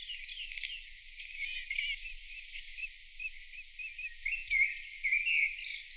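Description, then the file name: Bluethroat song: soft varied warbling with short high notes repeated at intervals, over a hiss of background noise. Played-back recording. "Blaahals"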